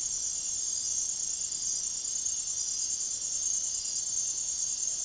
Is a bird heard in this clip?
no